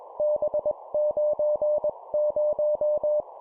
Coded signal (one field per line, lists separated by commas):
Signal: Morse code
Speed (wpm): 21 wpm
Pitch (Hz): 600 Hz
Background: none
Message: B90